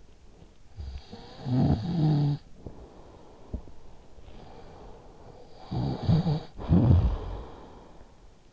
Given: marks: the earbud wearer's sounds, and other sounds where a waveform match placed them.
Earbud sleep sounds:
sounds in sleep by an in-ear microphone; snoring breath
0.33-8.53 s: snoring breath

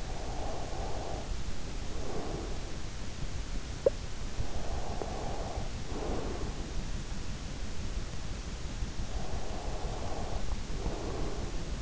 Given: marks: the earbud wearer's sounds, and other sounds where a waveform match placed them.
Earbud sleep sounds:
sounds in sleep by an in-ear microphone; breath, talking in sleep
0.00-3.16 s: breath
3.32-4.26 s: talking in sleep
4.26-6.81 s: breath
9.07-11.82 s: breath

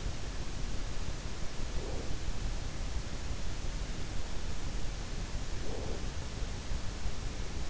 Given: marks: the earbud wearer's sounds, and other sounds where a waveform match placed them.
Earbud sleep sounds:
sounds in sleep by an in-ear microphone; breath
1.45-2.41 s: breath
5.38-6.20 s: breath

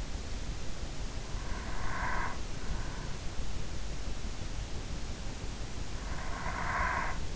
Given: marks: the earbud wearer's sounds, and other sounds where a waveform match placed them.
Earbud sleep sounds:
sounds in sleep by an in-ear microphone; breath
1.55-2.59 s: breath
6.19-7.36 s: breath

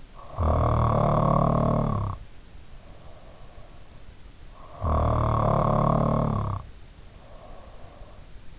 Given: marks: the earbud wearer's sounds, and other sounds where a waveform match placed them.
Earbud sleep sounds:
sounds in sleep by an in-ear microphone; snoring breath
0.00-3.88 s: snoring breath
4.39-8.22 s: snoring breath

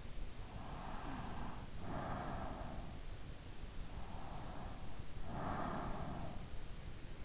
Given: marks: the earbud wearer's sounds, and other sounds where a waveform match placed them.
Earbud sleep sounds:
sounds in sleep by an in-ear microphone; breath
0.77-3.06 s: breath
4.19-6.45 s: breath

